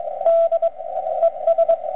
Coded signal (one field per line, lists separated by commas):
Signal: Morse code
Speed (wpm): 21 wpm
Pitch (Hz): 670 Hz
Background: radio noise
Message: D ES